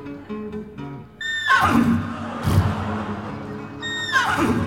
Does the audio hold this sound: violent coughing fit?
no